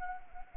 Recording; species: mosquito wingbeat signal from an infrared sensor; Anopheles arabiensis